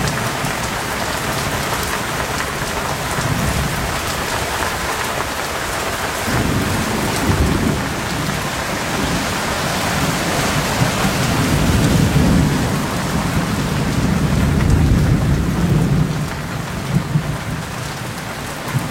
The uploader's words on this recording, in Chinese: 躲在屋檐下的你 听着隆隆雨声 白噪音。